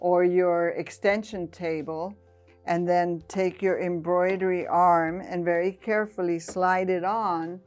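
Someone talks, with music underneath, while the embroidery arm unit of a BabyLock Verve sewing and embroidery machine is carefully slid onto the machine's free arm after the storage compartment or extension table is taken off. Nothing has seated or clicked yet by the end of the clip.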